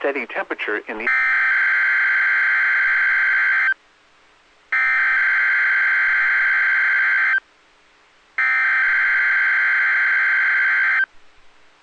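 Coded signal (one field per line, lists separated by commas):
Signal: Emergency Alert System (SAME) tones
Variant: header bursts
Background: speech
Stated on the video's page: Required weekly test on weather radio transmitters KEC65/WNG676, made up because the regular test was missed.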